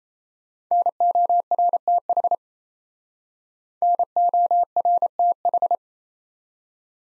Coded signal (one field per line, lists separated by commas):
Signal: Morse code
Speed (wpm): 36 wpm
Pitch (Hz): 700 Hz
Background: none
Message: NORTH NORTH